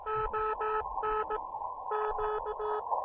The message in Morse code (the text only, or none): ONQ